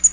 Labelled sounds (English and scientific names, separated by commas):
Black-throated Green Warbler (Setophaga virens) flight call